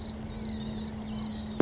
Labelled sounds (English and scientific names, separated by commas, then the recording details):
California Towhee (Melozone crissalis)
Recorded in Sonoma County, California